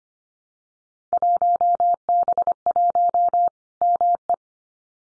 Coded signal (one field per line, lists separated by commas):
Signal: Morse code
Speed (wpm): 25 wpm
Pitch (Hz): 700 Hz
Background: none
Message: 1B1 ME